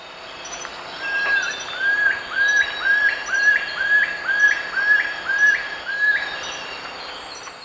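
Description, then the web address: Long-billed woodcreeper song: a steady series of many clear whistled notes, each rising at the end. Eastern lowlands of South America. "Natures Songs S America Eastern Lowlands. Nasica longirostris, song"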